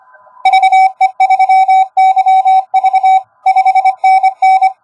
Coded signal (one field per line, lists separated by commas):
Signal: Morse code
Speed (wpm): 23 wpm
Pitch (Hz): 760 Hz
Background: none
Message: VE3YV 5NN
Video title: AUSTRAL ISL QRP 10M CW QSO WITH TX5Z